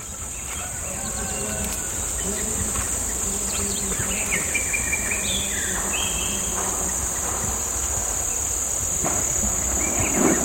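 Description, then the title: Cicadas give a steady, shrill, unbroken high drone, while birds whistle short notes over a low background hum. Recorded on a hill on the outskirts of San Cristóbal de Las Casas, Chiapas, in May 2021, with birds calling. "Ambiente cerca San Cristóbal, con Luna, aves, cigarras"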